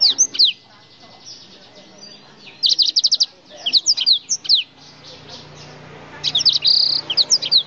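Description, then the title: Oriental magpie-robin singing varied whistled notes, quick rising and falling slurs and a fast rattling trill, in phrases broken by brief silences over a low background hum. "Kicau Kacer"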